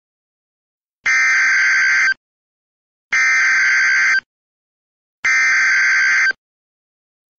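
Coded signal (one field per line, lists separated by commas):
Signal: Emergency Alert System (SAME) tones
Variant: header bursts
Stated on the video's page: Mock EAS alert, simulated tones, not a real broadcast.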